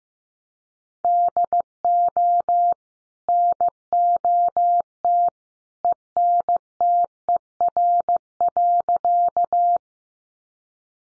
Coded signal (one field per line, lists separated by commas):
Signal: Morse code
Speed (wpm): 15 wpm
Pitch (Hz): 700 Hz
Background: none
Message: DO NOT ENTER.